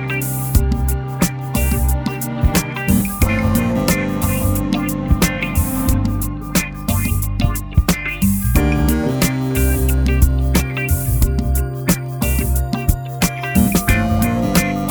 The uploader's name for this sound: Lobster Beach